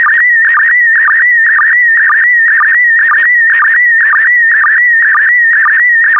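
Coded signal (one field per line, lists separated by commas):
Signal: SSTV (slow-scan television)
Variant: PD120 mode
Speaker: get ready starting transmission in 5 4 3 2 1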